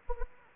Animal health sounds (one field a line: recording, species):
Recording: mosquito wingbeat signal from an infrared sensor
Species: Anopheles gambiae